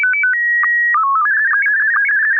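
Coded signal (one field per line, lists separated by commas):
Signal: SSTV (slow-scan television)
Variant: Scottie 1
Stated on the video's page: SSTV image being received.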